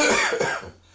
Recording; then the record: coughing mixed with background sound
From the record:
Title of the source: Spring Cold Coughing 2